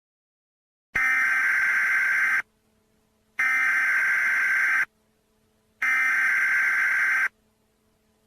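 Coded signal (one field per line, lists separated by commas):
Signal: Emergency Alert System (SAME) tones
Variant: header bursts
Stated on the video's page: Fictional EAS scenario with simulated SAME alert tones; may include disturbing sounds.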